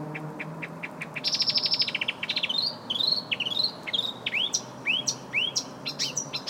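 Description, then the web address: Bird song with a fast trill followed by a string of clear, rising and falling slurred whistles, over a low background rumble. "ptaki glosy oznacz 170616"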